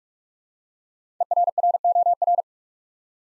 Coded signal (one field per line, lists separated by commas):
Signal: Morse code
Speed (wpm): 44 wpm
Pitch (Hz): 700 Hz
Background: none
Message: ERROR